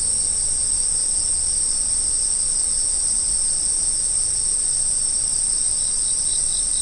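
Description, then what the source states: Insects calling as an unbroken high shrill drone, faint short chirps entering toward the close. Autumn insects.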